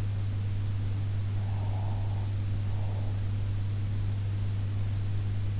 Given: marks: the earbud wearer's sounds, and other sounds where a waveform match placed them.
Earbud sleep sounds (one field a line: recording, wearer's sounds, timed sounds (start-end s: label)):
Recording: sounds in sleep by an in-ear microphone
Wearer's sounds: breath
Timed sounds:
1.37-3.49 s: breath